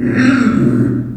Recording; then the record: squeal of a Yucatan mini pig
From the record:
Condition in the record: after surgery on the right vocal fold (resection and tissue-engineered implant); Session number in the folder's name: 4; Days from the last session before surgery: 26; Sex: female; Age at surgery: 19 weeks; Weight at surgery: 25 kg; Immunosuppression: prednisolone